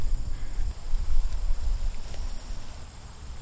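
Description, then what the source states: Insect chorus as a steady high shrill buzz, unchanging throughout, over uneven low rumbling and a few faint ticks. Insects recorded in prairie habitat.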